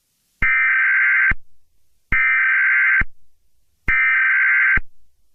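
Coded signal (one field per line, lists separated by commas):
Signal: Emergency Alert System (SAME) tones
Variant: header bursts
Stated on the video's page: Fictional EAS scenario based on a Roblox game; contains music.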